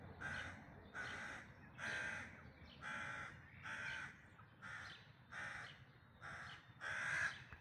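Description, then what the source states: Bird calling with hoarse, rough caws, a series of evenly spaced notes roughly one per second, with low rumbling noise underneath. Dawn chorus, May 2026.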